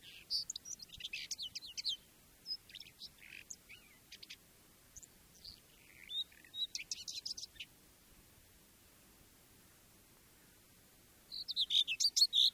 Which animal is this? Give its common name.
Common Whitethroat